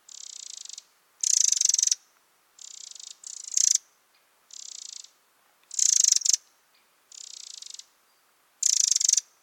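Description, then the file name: Eurasian wren uttering rattles: buzzy, softer churrs mixed with louder, grating bursts, with short gaps between them; nothing else clearly heard. "Troglodytes troglodytes"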